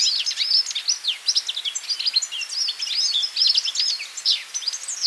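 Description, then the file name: European goldfinch twittering, a rapid run of bright, tinkling notes with quick upward and downward slurs, scarcely pausing across the whole stretch. "Carduelis carduelis"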